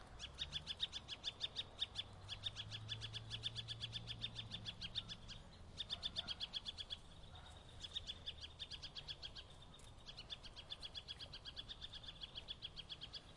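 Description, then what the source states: Birds chirping in rapid, steady runs of bright, high-pitched notes, dense throughout with brief pauses, over low background noise. Suburban setting.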